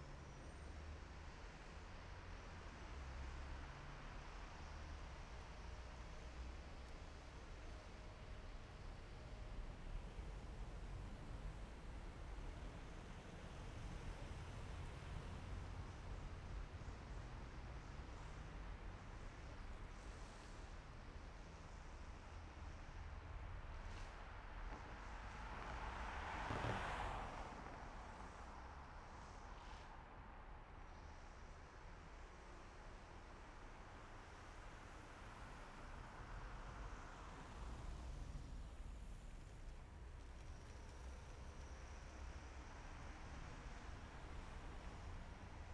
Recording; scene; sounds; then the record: everyday scene through a hearing-aid microphone; in traffic; traffic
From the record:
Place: main city hub, rush hour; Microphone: behind the ear, left, rear